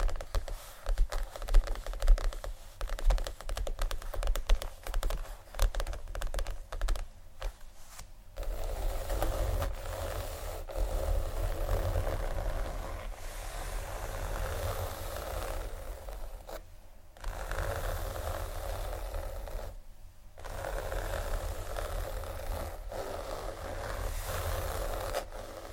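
Scratchy tapping and scraping, busy and irregular in the first eight seconds, then a steadier rough scratching with brief pauses near 17 and 20 seconds.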